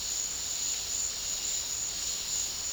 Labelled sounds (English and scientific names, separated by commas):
none